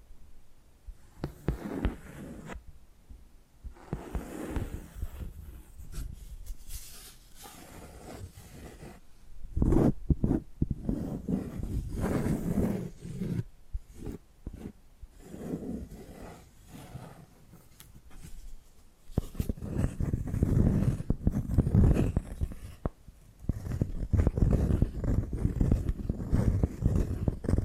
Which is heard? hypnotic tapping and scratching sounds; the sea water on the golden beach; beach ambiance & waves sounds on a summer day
hypnotic tapping and scratching sounds